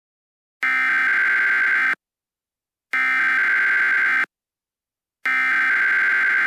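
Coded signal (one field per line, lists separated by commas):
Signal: Emergency Alert System (SAME) tones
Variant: header bursts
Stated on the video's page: Fake EAS scenario, simulated alert made with ClipChamp and SitePal.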